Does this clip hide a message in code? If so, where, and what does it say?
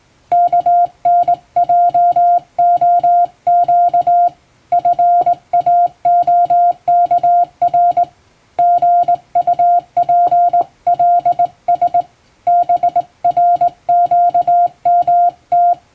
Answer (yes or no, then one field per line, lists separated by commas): yes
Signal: Morse code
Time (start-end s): 0.3-15.7 s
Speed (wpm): 20 wpm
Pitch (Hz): 700 Hz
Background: music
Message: KNJOQ FAOKR GUPLS BRQMT